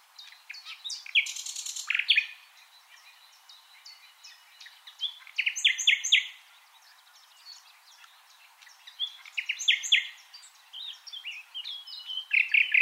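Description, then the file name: Common nightingale singing several loud phrases of rapid repeated notes and buzzy rattles, separated by quieter gaps with soft high chirping. "Luscinia megarhynchos"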